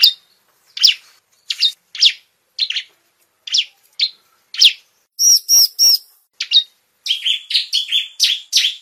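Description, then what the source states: Bar-winged prinia giving spaced single chirps, a few louder, higher notes, then rapid repeated sharp calls. Lure call, used to attract birds.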